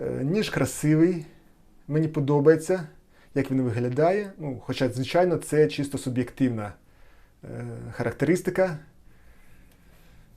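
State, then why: Not seated. A Grand Way WK 06096 folding knife is handled while someone talks throughout. The blade has not yet been flipped open into its locked position in the handle; nothing has clicked or locked yet.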